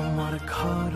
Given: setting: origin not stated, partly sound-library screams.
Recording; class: one-second piece from a danger detection set; normal situation